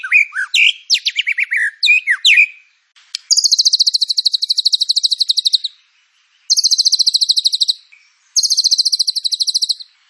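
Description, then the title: White-rumped shama song opening with varied quick whistled swoops, then three long high buzzy trills of very rapid repeated notes separated by silences. Lure song (pancingan) of white-rumped shama with full filler (isian) material. "PANCINGAN MURAI BATU. MURAI BATU FULL MATERI ISIAN"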